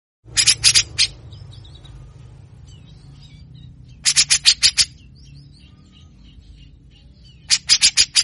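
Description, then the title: Grey-cheeked Bulbul song: three short bursts of harsh, scratchy repeated notes roughly three and a half seconds apart, over soft background twittering and a steady low hum. Energetic singing (gacor) with rough rasping phrases (besetan kasar), styles called ngepik, mbeset and ngetril (trilling); a long training recording (masteran) for cage birds. "MASTERAN CUCAK JENGGOT GACOR FULL BESETAN KASAR DURASI PANJANG. Masteran Cucak jenggot ngepik mbeset Ngetril"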